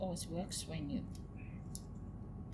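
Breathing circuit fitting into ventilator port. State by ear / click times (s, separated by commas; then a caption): seated / 1.8 s. A breathing circuit fitting is screwed into the ventilator port of an Acutronic fabian HFOi for nasal CPAP setup while someone talks. One sharp, short click is heard at 1.8 s as the fitting screws home and is seated.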